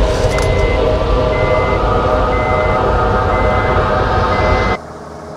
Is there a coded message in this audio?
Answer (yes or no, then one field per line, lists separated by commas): no